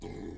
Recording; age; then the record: pig call; weaner (32 to 43 days)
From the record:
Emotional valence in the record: positive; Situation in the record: positive conditioning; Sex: female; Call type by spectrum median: low-frequency call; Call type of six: low-frequency stable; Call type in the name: low-frequency stable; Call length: 0.38 s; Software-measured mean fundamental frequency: 42 Hz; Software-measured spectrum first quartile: 179 Hz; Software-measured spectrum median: 344 Hz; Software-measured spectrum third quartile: 715 Hz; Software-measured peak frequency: 320 Hz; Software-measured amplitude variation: 124 dB a second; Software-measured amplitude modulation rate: 32.7 a second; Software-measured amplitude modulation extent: 3.8 dB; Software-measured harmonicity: -0.3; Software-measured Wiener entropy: -0.47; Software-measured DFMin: 982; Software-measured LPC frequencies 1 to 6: 377, 2076, 3276, 3991, 4833, 6804 Hz